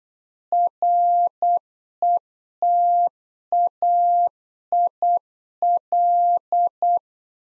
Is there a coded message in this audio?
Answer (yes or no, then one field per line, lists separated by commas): yes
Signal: Morse code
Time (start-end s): 0.5-7.0 s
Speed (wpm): 8 wpm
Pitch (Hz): 700 Hz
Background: none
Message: RETAIL